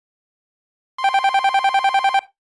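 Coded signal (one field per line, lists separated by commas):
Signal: none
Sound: phone's electronic ringtone warble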